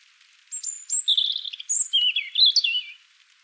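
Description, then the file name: European robin song: high whistled notes, a fast trilled run, then tumbling, liquid warbling notes in one continuous phrase lasting about two and a half seconds. "Erithacus rubecula"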